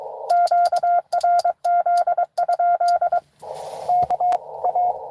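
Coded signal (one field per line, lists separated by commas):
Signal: Morse code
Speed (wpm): 23 wpm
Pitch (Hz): 720 Hz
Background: radio noise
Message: QRZ? KA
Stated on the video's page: Live Parks on the Air activation in CW.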